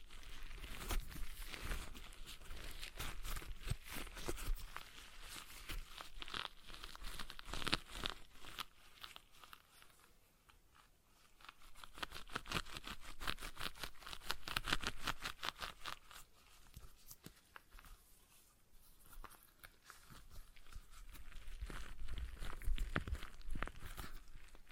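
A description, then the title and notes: A stress ball is squeezed and kneaded in dense, crinkly, crackling bursts that swell and ease, quieter around ten and eighteen seconds. ASMR Relaxing Stress Ball Sounds (No Talking).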